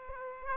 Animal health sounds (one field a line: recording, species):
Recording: mosquito wingbeat signal from an infrared sensor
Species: Aedes aegypti